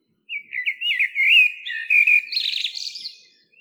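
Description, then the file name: Common blackbird song: a clear, continuous fluted warble of sliding whistled notes, finishing with a brief, higher chattering flourish. "Turdus merula"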